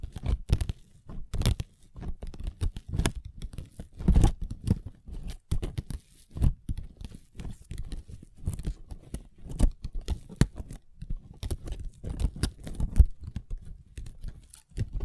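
Long nails tap and scratch a tabletop in quick, irregular bursts, sharp clicks mixed with dry scraping and brief pauses throughout.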